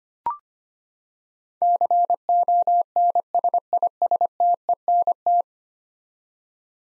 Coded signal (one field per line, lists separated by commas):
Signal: Morse code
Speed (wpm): 25 wpm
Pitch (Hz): 700 Hz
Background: none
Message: CONSISTENT